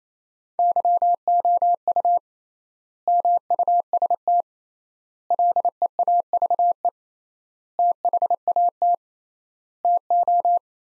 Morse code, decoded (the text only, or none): YOU MUST LEAVE THAT TO